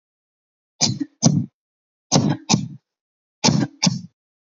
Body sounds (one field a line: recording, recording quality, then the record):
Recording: heavy voluntary cough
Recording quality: excellent, no background noise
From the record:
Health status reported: healthy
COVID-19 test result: negative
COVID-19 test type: RT-PCR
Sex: female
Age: 21 years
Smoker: no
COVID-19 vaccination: both doses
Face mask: not worn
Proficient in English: yes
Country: India